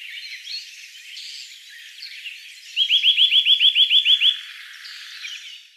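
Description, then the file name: Eurasian nuthatch: a fast, even series of about eleven clear downslurred whistled notes lasting roughly a second and a half, with faint chirping of other birds in the background. "Sitta europaea"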